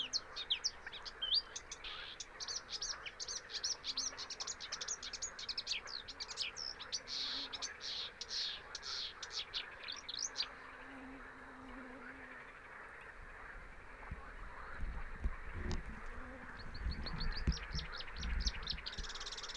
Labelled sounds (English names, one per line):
Marsh Warbler song